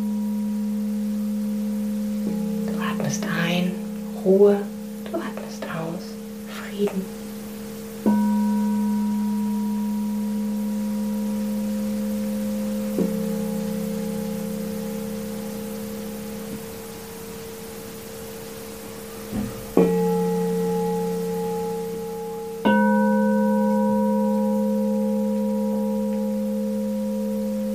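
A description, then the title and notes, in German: Crystal singing bowls ring in long, steady tones, with new bowls struck around 8, 13, 20 and 23 seconds, each adding a fresh layer that slowly swells and fades. A low hum underlies clear, pure higher tones. Brief spoken words appear between about 3 and 7 seconds. Geführte Klangschalenmeditation.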